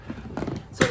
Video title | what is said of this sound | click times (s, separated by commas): Prepping for Spring/Prepping Storage Solutions! | and to note that it also has has a lid that snaps in place so it | 0.4 s, 0.8 s